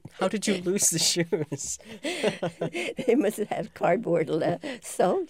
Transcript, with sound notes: How did you lose the shoes? (they laugh)
They must have had cardboard soles.